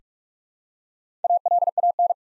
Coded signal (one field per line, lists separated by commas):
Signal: Morse code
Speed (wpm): 46 wpm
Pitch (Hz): 700 Hz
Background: none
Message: ALAN